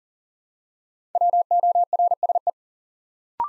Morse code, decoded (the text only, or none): WORSE